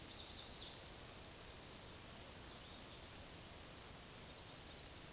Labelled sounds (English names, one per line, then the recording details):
Black-and-white Warbler song
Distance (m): 35 m
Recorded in a Pennsylvania forest on 18 May 2023 at 13:50
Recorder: AudioMoth, point grid1_28_low
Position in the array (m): 92 m, 46 m